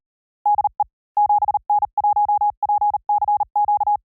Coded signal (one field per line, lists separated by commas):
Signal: Morse code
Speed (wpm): 39 wpm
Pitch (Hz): 830 Hz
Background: none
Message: DE 7N1PCQ